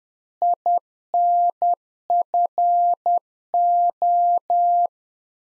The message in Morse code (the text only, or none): INFO